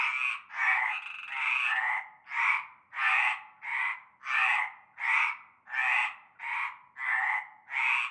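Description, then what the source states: Frogs croaking, several calls overlapping at first, then settling into a regular series of raspy croaks spaced under a second apart. Frog chorus starting at nightfall in a large concrete basin with stagnant greenish water, Avenue Cante Coucou, Groupède, La Ciotat, Bouches-du-Rhône, Provence, France.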